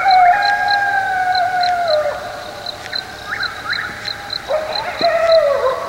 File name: coyotes